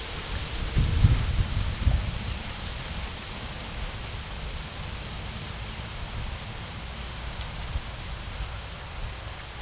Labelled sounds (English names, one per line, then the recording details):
none
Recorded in pastures near Puerto Asís, Putumayo, Colombia, on 4 March 2025 at 15:30
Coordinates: 0.497, -76.327
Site G072